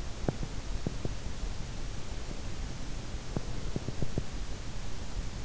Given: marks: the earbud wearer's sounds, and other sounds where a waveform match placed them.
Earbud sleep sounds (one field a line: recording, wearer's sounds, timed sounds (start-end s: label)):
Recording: sounds in sleep by an in-ear microphone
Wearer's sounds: teeth grinding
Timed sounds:
0.15-1.31 s: teeth grinding
3.20-4.52 s: teeth grinding